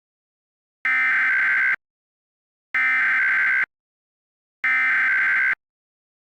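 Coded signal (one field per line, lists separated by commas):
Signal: Emergency Alert System (SAME) tones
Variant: header bursts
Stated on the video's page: Fictional EAS scenario containing valid SAME tones.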